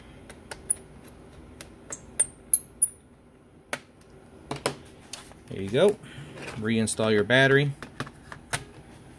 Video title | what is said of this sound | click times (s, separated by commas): HP Pavilion G4 Keyboard Removal | it'll start locking down there | 2.2 s, 2.5 s, 2.8 s